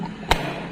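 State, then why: Released. A combination lock latch on a book-shaped lock box, with its code already set, is released. One sharp thud sounds at 0.3 s as the latch lets go, against a faint low steady background. The lock releases.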